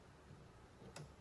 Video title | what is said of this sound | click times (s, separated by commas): How To Build a Printer Tray | You'll hear some snaps once you get it aligned accordingly. | 1.0 s